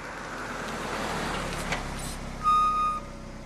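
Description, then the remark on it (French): A car's steady engine and road rumble rolls along, then a brief, high, piercing squeal rings out for about half a second as the car comes to a stop in front of a university's door. “La voiture arrive devant la porte de l'université.”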